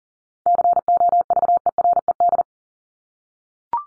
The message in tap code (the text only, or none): none